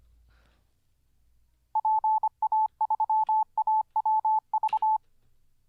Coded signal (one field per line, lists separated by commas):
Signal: Morse code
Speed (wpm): 25 wpm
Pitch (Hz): 870 Hz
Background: none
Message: PA3AWV